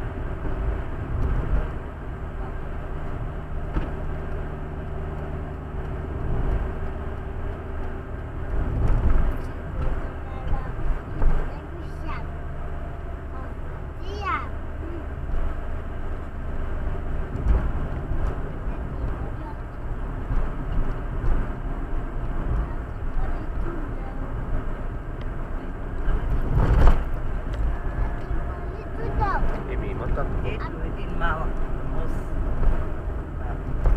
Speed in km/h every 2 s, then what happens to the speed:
72, 70, 70, 71, 71, 71, 68, 68, 70, 70, 70, 70, 70, 70, 70, 63, 58.
0-28 steady at about 70. 28-34 slows to 58.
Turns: none.